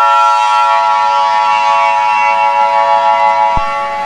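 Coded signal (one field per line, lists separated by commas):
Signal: Emergency Alert System (SAME) tones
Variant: 853 and 960 Hz attention tone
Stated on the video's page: Fictional EAS scenario, a remastered simulation.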